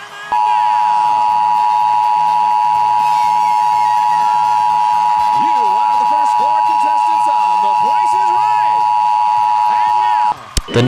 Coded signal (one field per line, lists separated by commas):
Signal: Emergency Alert System (SAME) tones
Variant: 853 and 960 Hz attention tone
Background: speech, music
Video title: Eas Mock: The Rockford Tornado